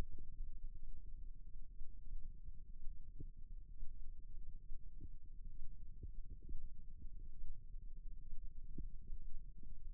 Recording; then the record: forearm muscle sounds (acoustic myography)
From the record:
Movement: rest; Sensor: system 2, bracelet of six BSWA MPA416 microphones around the upper forearm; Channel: 1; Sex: male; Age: 22 years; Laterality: right